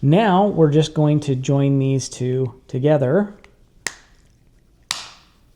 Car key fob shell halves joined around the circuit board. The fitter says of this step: Push a little bit, get it snapped into place, and then we can take the new